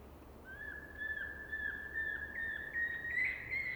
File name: Eurasian Pygmy Owl Scale calls part of Mexican wave